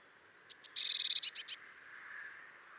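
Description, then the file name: Eurasian blue tit call, two thin high notes followed by a quick run of buzzy scolding pulses, with faint background hiss. "Cyanistes caeruleus"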